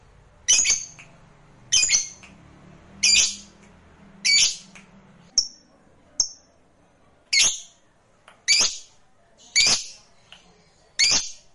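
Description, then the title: Lovebird squawks, loud harsh high bursts about once a second, with a few brief thin chirps in between. Lovebird reluctant to sing, prompted to sing spontaneously and eagerly. "LOVEBIRD Malas Bunyi JADI GREGET SPONTAN Langsung NARIK"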